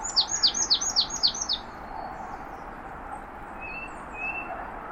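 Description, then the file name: Marsh tit calls: a quick burst of several sharp, high, downward-sweeping notes, then quiet with a few faint thin whistles. "Poecile palustris"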